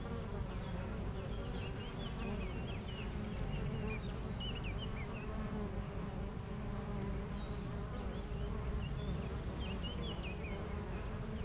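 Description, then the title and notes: Honey bee: continuous buzzing of many honey bees, with scattered short bird chirps across the recording. Honey bees foraging between two hives of a garden apiary in Aix-les-Bains, France, flying back and forth to flowers; a few birds in the neighbouring wood. "41 Chem. de Memard, 73100 Aix-les-Bains, France - Les abeilles. Entre deux ruches du rucher du jardin vagabond à Aix-les-bains les abeilles sont en pleine collecte et font d'incessants aller retour vers les fleurs, quelques oiseaux dans le bois voisin"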